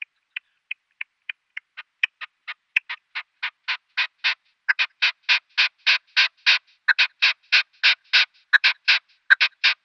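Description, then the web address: Red-legged partridge display series that begins with short, sharp ticks, then swells into a steady run of longer, louder, rasping chuffing notes. Male, giving a display call. "Schulze Peter Red-legged Partridge male display"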